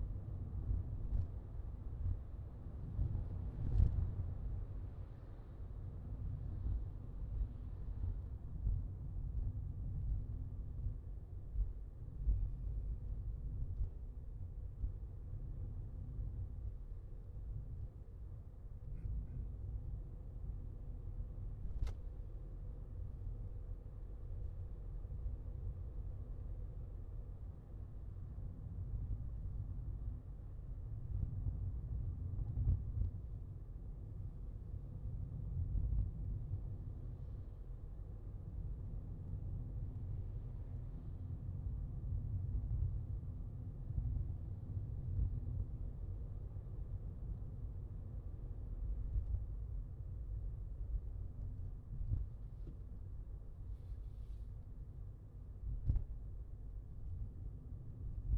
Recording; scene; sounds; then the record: everyday scene through a hearing-aid microphone; in a vehicle; engine, traffic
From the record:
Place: Skoda Fabia, gasoline engine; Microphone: in the ear canal, left